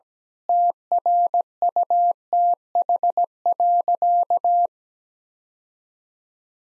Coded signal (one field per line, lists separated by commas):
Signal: Morse code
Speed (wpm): 17 wpm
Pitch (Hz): 700 Hz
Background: none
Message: TRUTH.